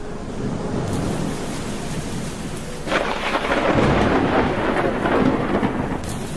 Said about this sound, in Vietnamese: Đêm nay gió giật mưa rào, thỉnh thoảng những tia chớp lóe lên mà đánh xuống mặt đất. Kèm theo đó là những tiếng nổ đoàng đoàng vọng lại chỉ sau khi ánh sáng lóe lên có mấy giây. Ngoài trời ồn ào như vậy